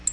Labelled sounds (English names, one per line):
Black-throated Blue Warbler flight call